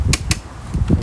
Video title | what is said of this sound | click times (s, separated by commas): First Impressions - HusqvarnaR420TSXAWD Rider. | and it fits in there perfectly and then all you do lock this turn this round and then you'll hear a click there you | 0.1 s, 0.3 s